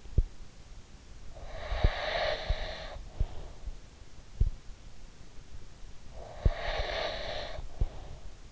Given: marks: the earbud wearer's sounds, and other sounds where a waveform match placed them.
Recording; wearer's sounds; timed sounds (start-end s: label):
sounds in sleep by an in-ear microphone; breath
1.39-3.43 s: breath
6.12-8.52 s: breath